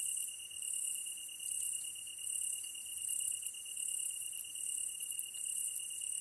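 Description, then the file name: Tree cricket trilling, one steady high tone sustained without a break, accompanied by dense, shimmering high-pitched insect chirring. Kantan recorded together with ezotsuyumushi on 15 August 2010 at 22:39, with a DH-D50. "kantan ezotuyumusi 20100815-2239"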